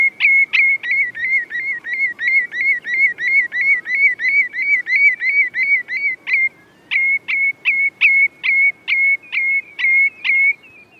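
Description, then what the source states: Common redshank calls, loud piercing notes repeated rapidly in a long series, then a brief pause before the calling resumes more slowly. Breeding birds on English upland heather moors, in reduced numbers; constantly vigilant, giving piercing calls; known as Wardens of the Marsh.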